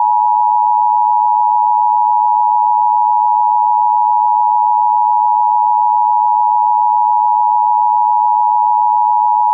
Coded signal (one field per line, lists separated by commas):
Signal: Emergency Alert System (SAME) tones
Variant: 853 and 960 Hz attention tone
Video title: EAS SCENARIO #3 - The Great NYC Tornado Outbreak